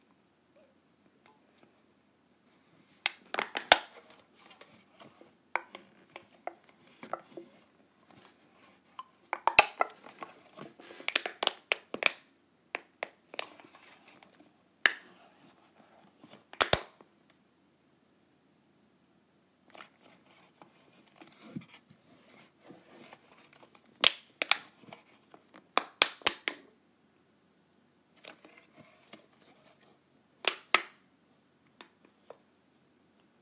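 Sharp clicks and snaps of clipping clips come in irregular bursts, with short quiet gaps between clusters and a faint low hum underneath.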